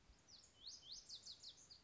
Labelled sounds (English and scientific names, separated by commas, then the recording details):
Lazuli Bunting (Passerina amoena)
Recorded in Sonoma County, California